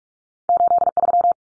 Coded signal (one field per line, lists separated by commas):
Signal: Morse code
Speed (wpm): 44 wpm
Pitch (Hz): 700 Hz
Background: none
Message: 83